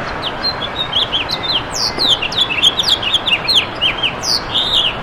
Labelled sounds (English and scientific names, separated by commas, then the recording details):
House Finch (Haemorhous mexicanus) song
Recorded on Long Island, New York, on 11 June 2012
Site HB
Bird D